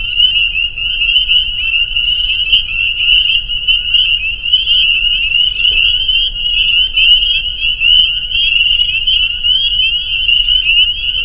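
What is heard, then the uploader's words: A dense chorus of spring peepers fills the whole recording, a continuous high, shrill wall of overlapping peeps with no gaps. A faint low rumble sits underneath, and a few sharper clicks or ticks stand out briefly around two and a half and eight seconds. Peepers. A soundscape recorded at the peeper pond on our friends' property in northern Vermont.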